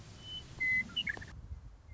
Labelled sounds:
Western Meadowlark
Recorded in Sonoma County, California

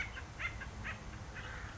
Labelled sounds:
House Finch
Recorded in Sonoma County, California

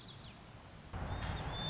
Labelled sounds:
White-crowned Sparrow
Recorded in Sonoma County, California

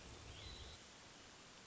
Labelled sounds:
Hermit Thrush
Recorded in Sonoma County, California

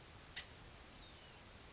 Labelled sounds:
California Towhee
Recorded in Sonoma County, California

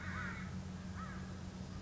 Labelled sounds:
American Crow
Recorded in Sonoma County, California

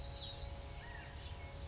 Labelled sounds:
California Quail
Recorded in Sonoma County, California

